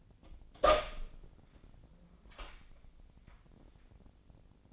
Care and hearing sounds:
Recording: daily activity, microphone in the room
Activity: open door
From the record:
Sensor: 5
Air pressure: 1009.3 hPa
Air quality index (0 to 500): 165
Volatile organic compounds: 2 ppm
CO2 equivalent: 1258 ppm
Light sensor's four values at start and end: 131/307/132/142 and 129/304/130/140

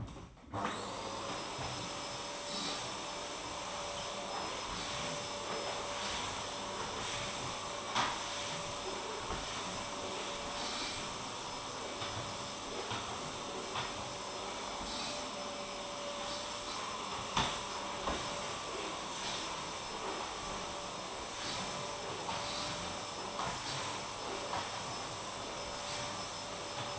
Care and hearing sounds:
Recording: daily activity, microphone in the room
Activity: vacuum cleaning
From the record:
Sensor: 1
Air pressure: 1011.9 hPa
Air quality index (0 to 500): 239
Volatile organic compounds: 6 ppm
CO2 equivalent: 1899 ppm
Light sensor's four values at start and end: 9/22/9/10 and 10/25/10/11

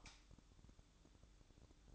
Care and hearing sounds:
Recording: daily activity, microphone in the room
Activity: light off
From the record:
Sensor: 3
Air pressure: 1007.9 hPa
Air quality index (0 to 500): 108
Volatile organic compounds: 1 ppm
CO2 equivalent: 903 ppm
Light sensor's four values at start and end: 16/43/19/17 and 9/22/9/9

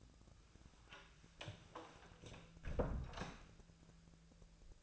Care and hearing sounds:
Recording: daily activity, microphone in the room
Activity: close door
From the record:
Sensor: 2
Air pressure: 1000.3 hPa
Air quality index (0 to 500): 174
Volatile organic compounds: 3 ppm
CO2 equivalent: 1448 ppm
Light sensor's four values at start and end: 9/23/9/10 and 9/22/9/10

